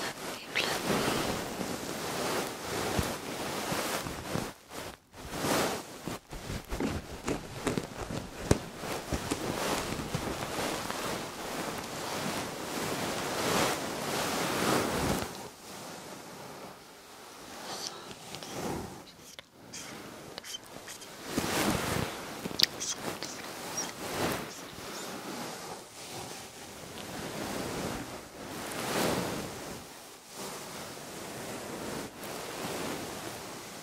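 Fluffy mic rubbing and ear muffs brushing over the ears make dense, shifting whooshes like surf, busiest early, with brief near-silent gaps around five seconds.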